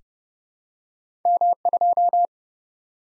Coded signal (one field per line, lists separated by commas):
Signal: Morse code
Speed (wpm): 30 wpm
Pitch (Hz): 700 Hz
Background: none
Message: M2